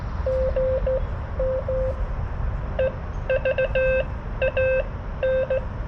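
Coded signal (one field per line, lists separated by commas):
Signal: Morse code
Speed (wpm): 15 wpm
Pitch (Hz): 520 Hz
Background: none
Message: GM EVAN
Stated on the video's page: CW Parks On The Air activation sent on a Palm Radio Portable straight key with a Xiegu X6200 at about 6 W; poor band conditions.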